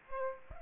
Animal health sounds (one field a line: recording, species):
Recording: mosquito wingbeat signal from an infrared sensor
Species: Aedes aegypti